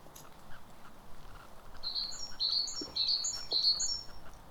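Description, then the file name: Great tit calls, a rhythmic series of high paired notes, each pair alternating a lower and a higher tone, steady and repeated in the second half. "Parus major"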